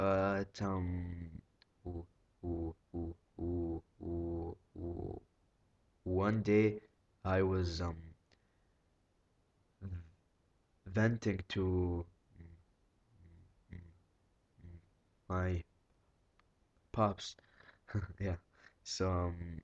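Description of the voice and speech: Low-pitched adult male speech broken by long silent blocks and repeated short voiced bursts between words, typical of mid to severe stuttering.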